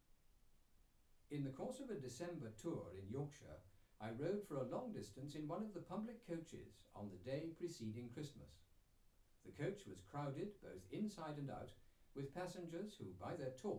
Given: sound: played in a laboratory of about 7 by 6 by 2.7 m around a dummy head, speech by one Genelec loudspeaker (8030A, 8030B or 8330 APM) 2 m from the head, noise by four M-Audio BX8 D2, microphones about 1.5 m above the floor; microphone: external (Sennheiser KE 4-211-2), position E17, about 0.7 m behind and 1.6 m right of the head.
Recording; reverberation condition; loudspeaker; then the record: male speech in English; low; 30 degrees to the right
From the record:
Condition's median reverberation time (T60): about 310 ms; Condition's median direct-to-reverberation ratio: about 3.5 dB